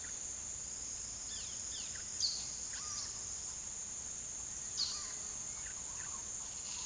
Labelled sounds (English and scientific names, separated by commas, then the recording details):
Russet-backed Oropendola (Psarocolius angustifrons), Gray-capped Flycatcher (Myiozetetes granadensis), unidentified bird
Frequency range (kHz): Russet-backed Oropendola (Psarocolius angustifrons) 0.8-2.5 kHz; Gray-capped Flycatcher (Myiozetetes granadensis) 2.0-7.3 kHz; unidentified bird 3.1-7.2 kHz
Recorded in pastures near Puerto Asís, Putumayo, Colombia, on 18 February 2024 at 16:00
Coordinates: 0.466, -76.323
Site G6384